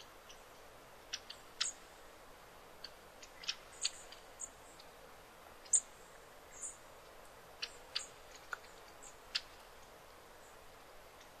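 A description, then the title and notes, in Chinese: Short, sharp high chirps and ticks break an otherwise hushed forest thicket, arriving sparsely and irregularly over a faint steady hiss. 林薮呖呖·极静深野。朝生夕死的虫啊！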